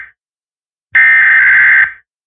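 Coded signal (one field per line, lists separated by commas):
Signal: Emergency Alert System (SAME) tones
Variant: header bursts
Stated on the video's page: Routine weekly Monday Emergency Alert System tests.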